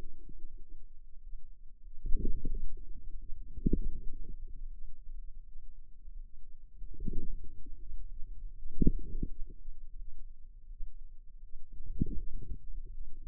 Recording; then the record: forearm muscle sounds (acoustic myography)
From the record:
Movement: inward rotation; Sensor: system 2, bracelet of six BSWA MPA416 microphones around the upper forearm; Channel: 3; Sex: female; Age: 23 years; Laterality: right